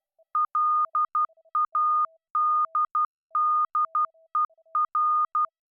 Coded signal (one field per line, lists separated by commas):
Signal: Morse code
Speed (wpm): 12 wpm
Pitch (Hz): 1220 Hz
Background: none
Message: LADDER